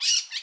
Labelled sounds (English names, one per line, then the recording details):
Brown-throated Parakeet contact call
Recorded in Curacao
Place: Hoffi Jan Thiel
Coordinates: 12.094, -68.877